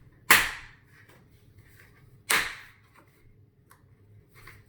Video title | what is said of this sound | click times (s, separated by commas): Veer Cruiser and Infant attachments setup and review | right so one thing I want to know we heard it click this isn't all the way on | 0.3 s